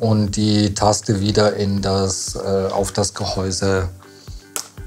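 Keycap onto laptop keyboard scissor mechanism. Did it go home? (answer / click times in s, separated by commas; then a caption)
yes / 4.6 s. A plastic laptop keycap, pried off for cleaning, is pressed back onto the laptop keyboard's scissor mechanism while someone talks over background music. A sharp click at 4.6 s marks the keycap clipping into place, followed by a faint tick, and the keycap is seated.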